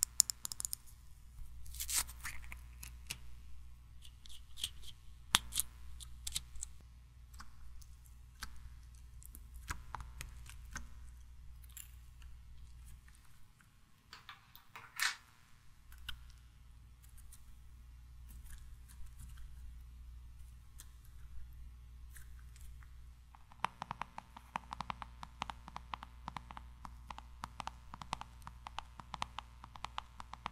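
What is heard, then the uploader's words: Tiny mic triggers: crisp clicks, snips and taps land at an uneven pace over a steady low hum. The hum drops away briefly around the middle. From about 23 seconds the tapping turns fast and dense, a bright rattling patter to the end. ASMR 1 HR Of Tiny Mic Triggers.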